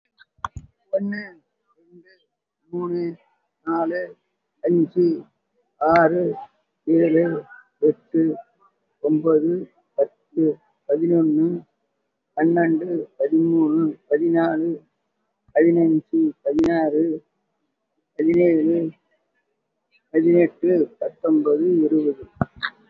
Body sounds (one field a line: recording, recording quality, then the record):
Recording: counting at a normal pace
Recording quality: excellent, no background noise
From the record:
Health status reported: COVID-19 positive, moderate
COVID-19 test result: positive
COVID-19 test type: RT-PCR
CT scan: taken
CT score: 2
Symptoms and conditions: breathing difficulty, another respiratory illness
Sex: female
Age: 78 years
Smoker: no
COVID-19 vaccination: one dose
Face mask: worn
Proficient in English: no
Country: India